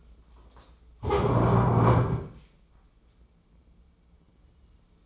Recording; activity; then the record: daily activity, microphone in the room; stand up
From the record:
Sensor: 1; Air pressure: 996.0 hPa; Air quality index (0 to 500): 235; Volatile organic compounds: 1000 ppm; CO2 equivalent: 6842 ppm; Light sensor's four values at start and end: 34/85/36/44 and 33/82/35/42